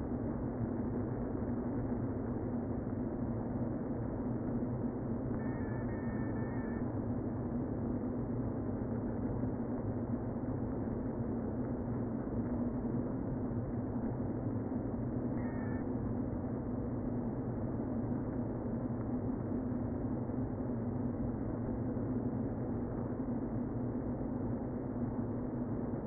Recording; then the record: honeybee colony, microphone inside the hive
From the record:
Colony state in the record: queen present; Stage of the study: before two queens were removed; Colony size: about 60,000 bees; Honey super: yes